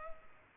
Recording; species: mosquito wingbeat signal from an infrared sensor; Culex pipiens